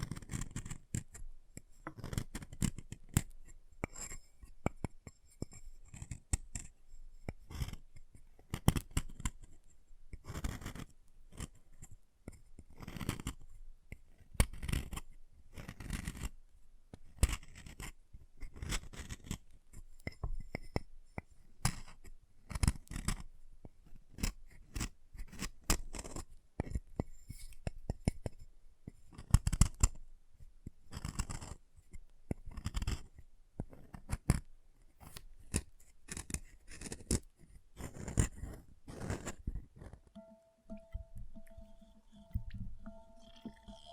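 Chalk being carved and cut with a steady run of short, sharp scraping strokes, each a quick crisp snip or scratch, coming several per second for most of the clip. Near the end the strokes thin out and a faint steady tone hums underneath.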